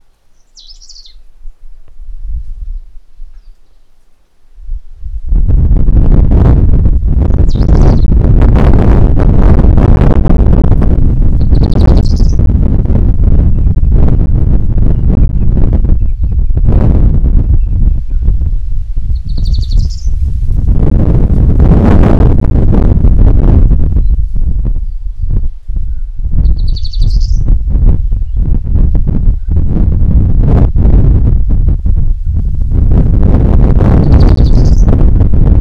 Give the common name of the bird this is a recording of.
Cinnamon-breasted Bunting